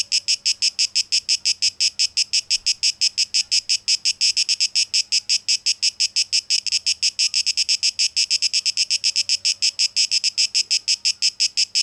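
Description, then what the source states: Shrill cicada song in crisp, regular pulses repeated quickly throughout, with a low steady hum underneath. Cicadas in a tape echo mix, dated 12 August 2023.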